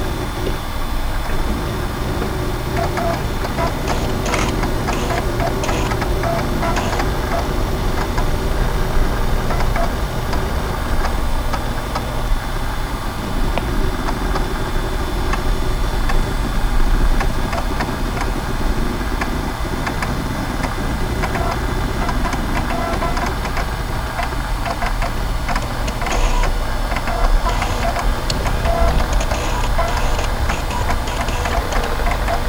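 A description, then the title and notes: Vintage computing equipment runs with a steady, dense mechanical whir and a low hum underneath. Faint ticks and clicks come through irregularly, sometimes in short clustered bursts like a printer or drive at work. The overall level holds constant throughout. VINTAGE COMPUTING • Take a Trip Back to the 90s. MyNoise Vintage Office.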